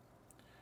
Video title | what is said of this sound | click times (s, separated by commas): IcyDock ExpressCage Hard Drive Enclosure | that down and then I'm just gonna make sure it's all clicked into place like | 0.3 s, 0.4 s